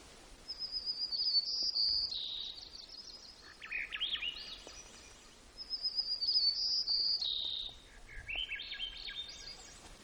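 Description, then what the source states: White-crowned sparrow singing two songs, each opening with a long high whistle and dropping into lower, slurred buzzy notes, over a soft background hiss. Recorded in Gates of the Arctic, Alaska, on 17 June 2018 at about 12:57.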